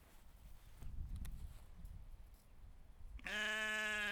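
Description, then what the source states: Sheep bleat: quiet rustling and shuffling, then one loud, even, nasal bleat begins near the end and continues as the recording stops. Recorded outdoors.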